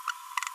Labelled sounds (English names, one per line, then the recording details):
Green-rumped Parrotlet babbling
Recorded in a nest box in Venezuela
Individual 18B25A3